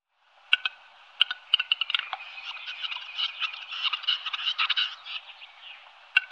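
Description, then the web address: Western capercaillie display with sharp scattered clicks that give way to a dense, scraping hiss of rapid ticks lasting several seconds, then a final click. "Faglar Sound Tjader"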